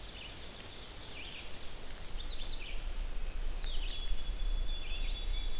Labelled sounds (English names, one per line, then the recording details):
Red-eyed Vireo song
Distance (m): 105 m
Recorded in boreal forest in Alberta, Canada, on 6 June 2016 at 06:55
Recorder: SongMeter 3, array SBT-3-51
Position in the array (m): 17 m, 90 m